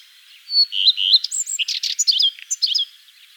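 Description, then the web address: Common redstart: a thin whistle, a few clear repeated notes, then a hurried, varied warble of chirps and buzzy twitters that fades out. "vogelstimmen gartenrotschwanz gesang nabu lars lachmann"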